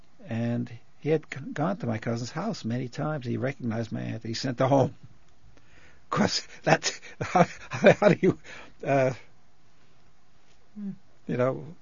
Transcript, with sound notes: and he had gone to my cousin's house many times, and he recognized my aunt, and he sent her home. Of course, that () ( he laughs ) how do you, you know,